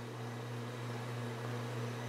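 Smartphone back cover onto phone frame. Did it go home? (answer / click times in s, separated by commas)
no / none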